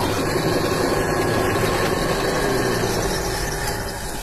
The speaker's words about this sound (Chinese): 小店的外头摆放着两个台子，一个是电砂轮，一个是人工的，根据不同冰刀选择不同机器。 一个马达， 对， 大两个。